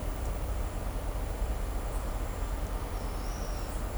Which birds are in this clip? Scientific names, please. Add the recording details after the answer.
none. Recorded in shrubland near Pivijay, Magdalena, Colombia, on 2 June 2023 at 17:00. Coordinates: 10.453, -74.365. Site P5-G022